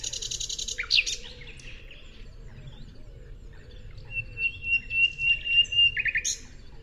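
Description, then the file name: Common nightingale song: a buzzy burst, a pause, then a long thin whistle with loud rapidly repeated notes. "Luscinia megarhynchos"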